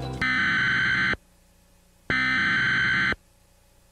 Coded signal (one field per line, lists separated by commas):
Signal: Emergency Alert System (SAME) tones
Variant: header bursts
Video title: EAS Scenario #5: Twister of Terror